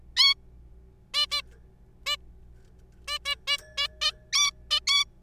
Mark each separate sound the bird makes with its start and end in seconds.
0.17-0.34, 1.14-1.26, 1.31-1.42, 2.06-2.16, 3.08-3.18, 3.25-3.35, 3.47-3.57, 3.77-3.88, 4.01-4.11, 4.33-4.51, 4.71-4.80, 4.87-5.04